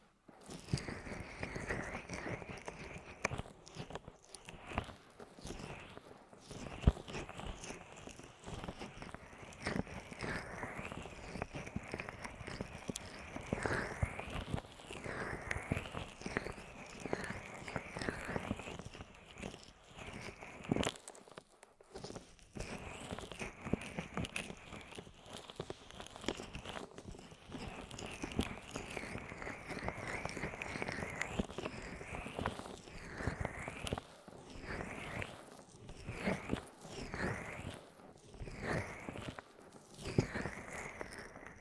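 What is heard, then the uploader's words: A deep ear massage, with steady rubbing and crackling strokes that swell and fade every second or so. The rustling stays dense and full throughout, with a brief near-silent gap around the twenty-one second mark before the rubbing resumes. ASMR Sleep With Deep Ear Massage (No Talking).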